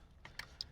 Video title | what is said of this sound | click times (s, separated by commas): Beat-Sonic Encore Amplifier for your 2024+ Tacoma! | Plug that in to where the gray was. Make sure you hear that click. | 0.6 s